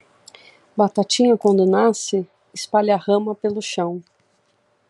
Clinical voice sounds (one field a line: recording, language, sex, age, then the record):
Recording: short text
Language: Brazilian Portuguese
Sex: female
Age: 40 to 49 years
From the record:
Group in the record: control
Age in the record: 43 years